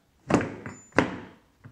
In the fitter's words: hear that click on either side now the scooter coach can be lifted up very